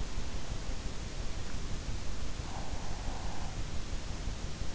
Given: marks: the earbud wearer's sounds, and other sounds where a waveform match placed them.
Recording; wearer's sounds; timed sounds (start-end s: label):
sounds in sleep by an in-ear microphone; breath
2.37-4.08 s: breath